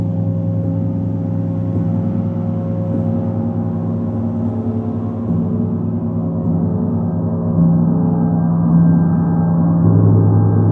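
A gong rings with a deep, sustained hum, its low tones steady and rich with many layered overtones that shimmer slightly. No new strikes stand out; the sound simply swells a little louder around eight seconds and holds there to the end.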